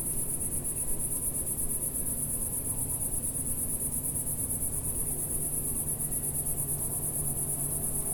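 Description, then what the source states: Cicada giving an even, sustained high-pitched buzzing song without breaks, with a low hum beneath. Single cicada singing in early evening warmth in a village garden with lavender and myrtle bushes, Picardy, northern France.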